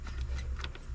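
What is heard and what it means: A spark plug wire boot on a 5.3 engine is handled and pushed again onto the spark plug after a missed click. Faint short ticks and rubbing sounds rise over a steady low hum. Nothing has seated or clicked yet.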